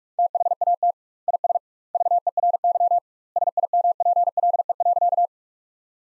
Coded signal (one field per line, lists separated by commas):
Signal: Morse code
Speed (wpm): 41 wpm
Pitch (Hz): 700 Hz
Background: none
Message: THAT IS VERY SIMPLE.